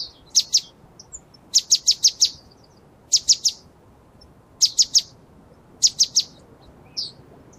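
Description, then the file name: Great tit calling in clipped, high bursts of three to five rapid notes, with occasional softer single chirps. "Parus major"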